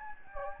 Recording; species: mosquito wingbeat signal from an infrared sensor; Anopheles gambiae